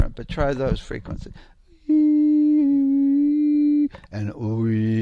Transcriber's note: makes resonant sounds